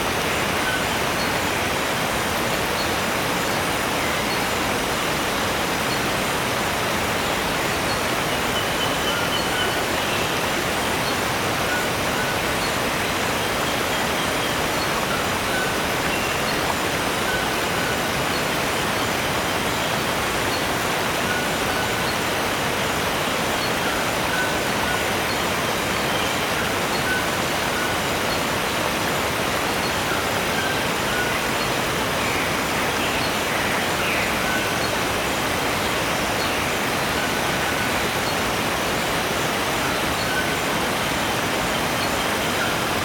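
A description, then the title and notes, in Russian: A distant waterfall gives a steady, dense rushing hiss that never changes, with a soft rustle of tall trees blended into the constant wash. Закат в Тропическом Лесу | Сумеречные Водопады и Дикая Природа. Слушайте далёкий, успокаивающий шепот водопадов, смешивающийся с лёгким шелестом высоких деревьев, создавая естественную симфонию, встречающую ночь.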